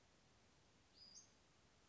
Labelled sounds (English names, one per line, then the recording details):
Western Flycatcher
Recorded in Sonoma County, California